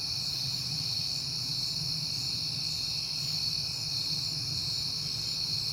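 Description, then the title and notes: Crickets in a chorus chirping steadily at a high pitch, with a low rumble underneath. Crickets at night on a peaceful September night, heard often lately. "Night Time: Crickets and Passing Cars. It is September and I have been hearing the crickets a lot"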